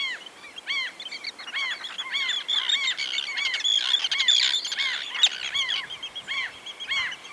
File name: Common tern audio